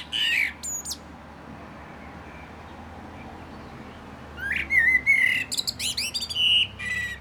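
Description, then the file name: Common blackbird song: brief high twitter, a long quiet gap, then fluty whistles mixed with sharp squeaky notes. "Turdus merula"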